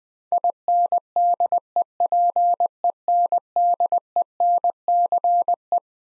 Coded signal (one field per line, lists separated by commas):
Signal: Morse code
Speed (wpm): 20 wpm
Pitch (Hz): 700 Hz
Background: none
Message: INDEPENDENCE